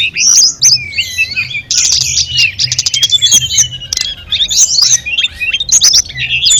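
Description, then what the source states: Sunda robin song: a chorus of high sweet whistles, fast trills and sharp chips from several birds, one longer drawn-out whistle near the middle. Five tledekan birds singing together.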